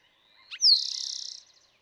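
Eastern towhee singing once: a brief introductory note, a clear downslurred whistle and a rapid, evenly pulsed trill lasting under a second.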